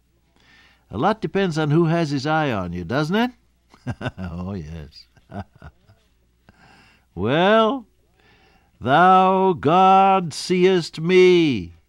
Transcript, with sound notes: A lot depends on who has his eye on you, doesn’t it? (Laughs) Oh, yes (Laughs). Well, thou God seest me,